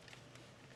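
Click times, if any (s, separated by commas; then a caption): none. A Sena PT 10-10 motorcycle intercom unit is being slid onto its plastic mounting clamp on a helmet, with a steady low background hiss and two faint brief handling taps near 0.1 s. Nothing has seated or clicked yet; the unit is not yet home on the clamp.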